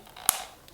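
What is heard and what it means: A removable closure dial is placed into its housing on the side of a Specialized S-Works 6 cycling shoe and pressed until it snaps in. A sharp, bright click sounds at 0.3 s amid faint handling ticks, confirming the dial is seated and fixed.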